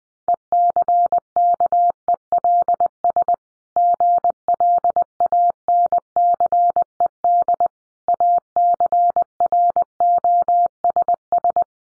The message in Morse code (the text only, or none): ECKELS GLANCED ACROSS